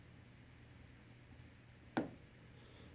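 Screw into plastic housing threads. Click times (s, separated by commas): 2.0 s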